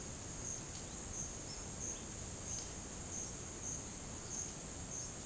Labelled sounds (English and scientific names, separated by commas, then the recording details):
none
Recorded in pastures near Puerto Asís, Putumayo, Colombia, on 25 June 2025 at 11:00
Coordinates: 0.472, -76.331
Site G095